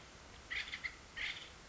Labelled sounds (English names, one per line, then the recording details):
Acorn Woodpecker
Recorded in Sonoma County, California